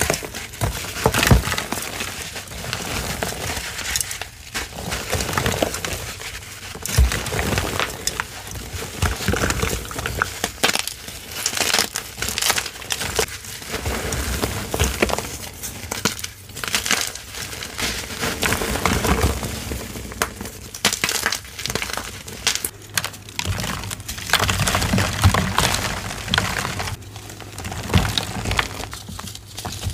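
Soft, powdery gym chalk is crumbled in a steady run of crisp, dusty crackles, dense and irregular throughout. Brighter snaps and small bursts stand out every second or two, over a faint low hum that runs underneath.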